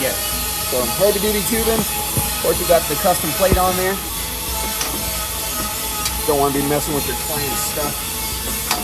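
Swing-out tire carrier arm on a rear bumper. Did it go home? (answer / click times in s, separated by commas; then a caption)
no / none. Someone talks over background music while handling one side of a heavy-duty steel-tube swing-out tire carrier on a custom rear bumper with a custom plate, about to swing it open until its latch locks it in place. The clip ends before the arm locks; nothing has seated or clicked yet.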